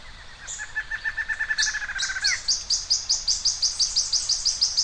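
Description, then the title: Bird song: a run of steady buzzy mid-pitched notes gives way to a fast series of high, sharp chirps, over faint background hiss. "LuckyPassaro Completos2Sama"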